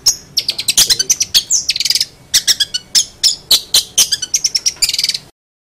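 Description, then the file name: Long-tailed shrike song in rapid bursts of high, scratchy notes, some fast trills, broken by short pauses before stopping abruptly. Master song for training songbirds. "cendet-master 3-omkicau"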